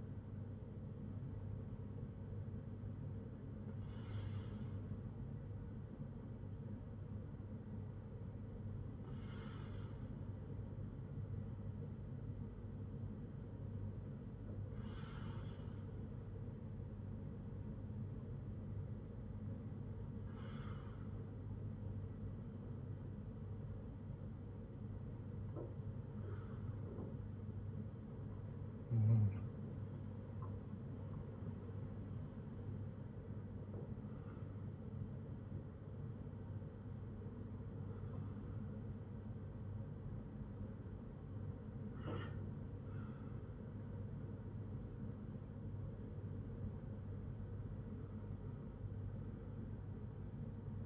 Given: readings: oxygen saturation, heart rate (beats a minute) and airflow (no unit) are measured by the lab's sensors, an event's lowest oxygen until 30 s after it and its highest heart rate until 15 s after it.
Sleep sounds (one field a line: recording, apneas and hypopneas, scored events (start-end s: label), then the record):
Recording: breathing in sleep by a smartphone at the bedside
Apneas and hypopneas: 1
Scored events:
12.00-37.60 s: hypopnea (N1, oxygen 94% highest, then 93% lowest, heart rate 62 at the start, 77 highest)
12.00-42.00 s: new sleep stage, N2 (light sleep)
42.00-50.86 s: new sleep stage, N1 (lightest sleep)
From the record:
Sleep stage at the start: N1 (lightest sleep)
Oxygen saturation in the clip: 93 to 94%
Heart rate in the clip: 59 to 77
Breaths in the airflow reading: 10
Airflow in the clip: -5.5 to 10.1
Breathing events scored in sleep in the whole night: 182 in 7.4 hours asleep